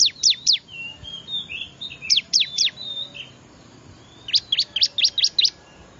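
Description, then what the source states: Prinia calls: three sharp high notes, another three, then a run of seven, with faint twittering of other birds between. Lure call used to attract wild small birds; local name ciblek.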